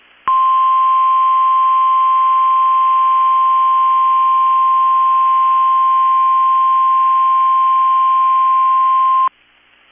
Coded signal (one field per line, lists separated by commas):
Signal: Emergency Alert System (SAME) tones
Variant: 1050 Hz attention tone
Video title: 5/17/23 - KEC65 Required Weekly Test (EAS #776)